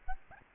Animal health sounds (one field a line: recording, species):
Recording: mosquito wingbeat signal from an infrared sensor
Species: Aedes albopictus